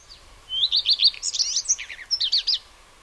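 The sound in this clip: Redstart song phrase: a quick series of high repeated notes sliding into a rapid, varied, slightly scratchy warble lasting about two seconds.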